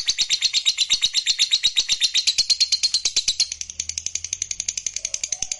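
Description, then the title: Lovebird song, a rapid high-pitched chattering trill, steady and continuous, softening slightly toward the end. Song of a lazy lovebird stimulated into singing. "LOVEBIRD Malas Bunyi JADI GREGET SPONTAN Langsung NARIK"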